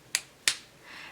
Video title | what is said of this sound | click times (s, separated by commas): Foredom Micromotor vs Flexshaft - Best Rotary Tool for Jewelers? - A Quick Guide to Foredom Tools | is just by rotating and you kind of hear that click | 0.2 s, 0.5 s